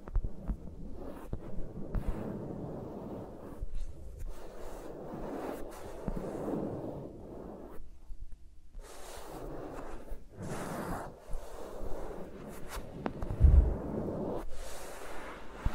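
Fingers rub and brush against microphones with no talking, making a dense, soft, muffled rustling that swells and fades in uneven waves. Brief quieter gaps near 8 and 11 seconds break the texture, and a sharp low thump lands around 13 seconds.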